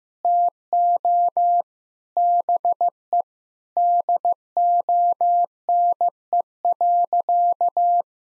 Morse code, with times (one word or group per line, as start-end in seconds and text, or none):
0.2-1.6 TO
2.2-3.2 BE
3.8-8.0 DONE.